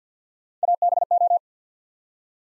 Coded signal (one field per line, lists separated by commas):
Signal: Morse code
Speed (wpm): 49 wpm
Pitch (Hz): 700 Hz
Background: none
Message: ABO